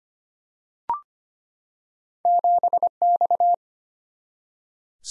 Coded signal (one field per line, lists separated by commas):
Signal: Morse code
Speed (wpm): 25 wpm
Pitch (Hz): 700 Hz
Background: none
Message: 7X